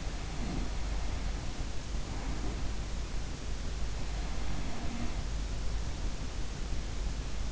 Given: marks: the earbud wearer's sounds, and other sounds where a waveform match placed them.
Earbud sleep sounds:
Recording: sounds in sleep by an in-ear microphone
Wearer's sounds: breath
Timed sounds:
0.00-2.88 s: breath
4.03-6.78 s: breath

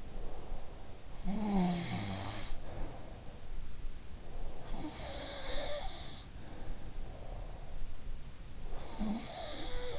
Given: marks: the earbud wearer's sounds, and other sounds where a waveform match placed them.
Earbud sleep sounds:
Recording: sounds in sleep by an in-ear microphone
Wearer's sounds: breath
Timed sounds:
0.00-1.06 s: breath
1.17-3.56 s: sound from someone else or the room
4.58-7.00 s: sound from someone else or the room
7.06-7.87 s: breath
8.72-9.99 s: sound from someone else or the room

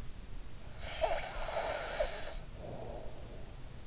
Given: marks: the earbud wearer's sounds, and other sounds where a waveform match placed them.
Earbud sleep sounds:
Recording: sounds in sleep by an in-ear microphone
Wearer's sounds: snoring breath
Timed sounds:
0.69-3.44 s: snoring breath

